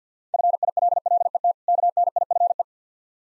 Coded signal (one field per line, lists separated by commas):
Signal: Morse code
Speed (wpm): 50 wpm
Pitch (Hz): 700 Hz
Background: none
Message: FILLET KNIFE